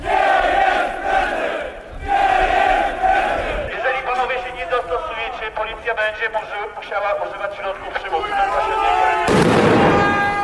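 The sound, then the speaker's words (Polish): A loud crowd of protesting trade unionists, amid scuffles and shoving at the seat of a Katowice holding company, chants and shouts in unison while firecrackers crack and bang sharply throughout, ending in a harsh burst of noise. “Doszło do bujek i przepychanek. W ruch poszły petardy, a policjanci użyli gazu zawiącego.”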